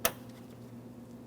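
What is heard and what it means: The plastic electrical connector for a front door speaker on a 2003-2008 Toyota Matrix is lined up and pressed into its socket on the speaker. A single sharp click is heard at 0.1 s over a low steady hum. The connector snaps in and is seated, and the fit feels good.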